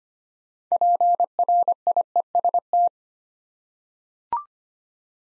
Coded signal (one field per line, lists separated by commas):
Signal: Morse code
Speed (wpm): 25 wpm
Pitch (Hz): 700 Hz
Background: none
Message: PRIEST